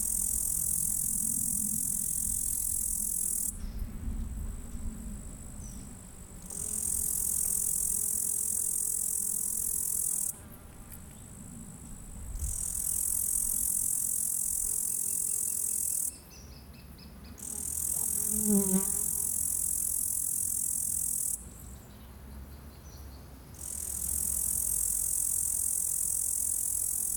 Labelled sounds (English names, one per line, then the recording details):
Upland Green Bush-cricket stridulation
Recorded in the wild
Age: imago
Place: Pähnitz, Thuringia, DE
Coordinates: 51.0365, 12.4784
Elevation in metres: 160
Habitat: fallow field
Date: 2024-07-29 17:28
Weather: 23°C, sunny, no wind
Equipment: Sound Devices MixPre6, 2 Sennheiser MKH8040
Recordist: Frommolt, Karl-Heinz